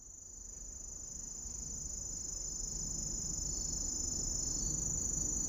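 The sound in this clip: Kusahibari cricket song, an unbroken high, thin ringing trill that grows slightly louder, with soft low rumble underneath.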